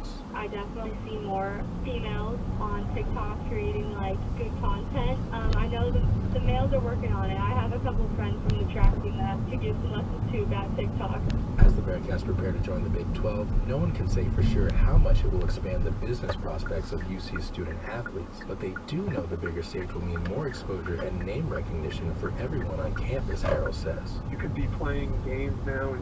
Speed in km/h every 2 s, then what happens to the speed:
0, 13, 16, 21, 26, 26, 23, 18, 10, 6, 0, 11, 15.
0-8 pulls away to 26. 8-19 slows to 0. 20-26 pulls away to 15.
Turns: 20-26.